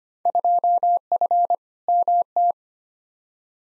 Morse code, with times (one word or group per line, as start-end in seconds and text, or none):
0.3-1.5 2F
1.9-2.5 MT